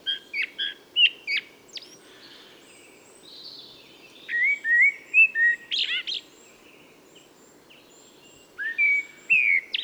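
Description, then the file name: Common blackbird song with scratchy high squeaks, then a run of clear fluted whistles and a shrill ending, followed after a pause by another mellow phrase. "Turdus merula"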